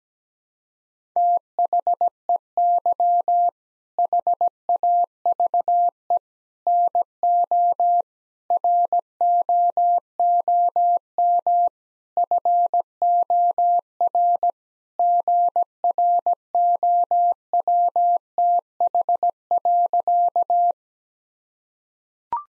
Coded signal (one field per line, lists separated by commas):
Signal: Morse code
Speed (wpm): 17 wpm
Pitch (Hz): 700 Hz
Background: none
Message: THEY HAVE NO ROOM FOR GROWTH.